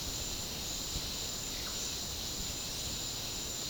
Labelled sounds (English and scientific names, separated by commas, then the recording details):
none
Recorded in pastures near Puerto Asís, Putumayo, Colombia, on 29 June 2025 at 09:00
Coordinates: 0.496, -76.326
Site GP01